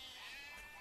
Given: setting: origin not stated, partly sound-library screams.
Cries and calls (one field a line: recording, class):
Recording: one-second piece from a danger detection set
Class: normal situation